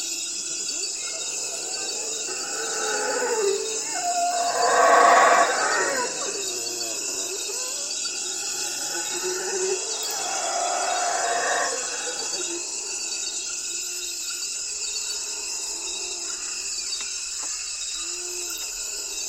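Wild outdoor ambience with a steady, bright hiss of insects or crickets running unbroken throughout. Louder bursts of calls rise around the five-second mark and again near ten to twelve seconds, with a few soft chirps near the end.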